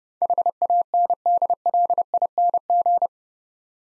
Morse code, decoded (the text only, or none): HANDLING